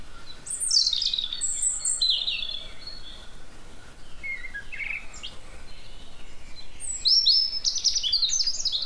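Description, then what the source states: Birds chirping, several high, quick twittering and whistled notes overlapping in bursts, busiest near the start and again toward the end, over a low steady background hiss. Recorded in the spring season.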